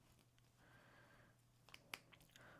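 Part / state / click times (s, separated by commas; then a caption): plastic dowel pressed into the hole of the mating printed half / seated / 1.9 s. Two glued 3D-printed plastic halves of a bunny figure are pressed together onto plastic dowels to firm up the joint, a dowel pushing into the hole of the mating printed half. After soft rustling and a few small ticks, a sharp click at 1.9 s marks the dowel seating home in a snug fit, followed by a few quieter ticks.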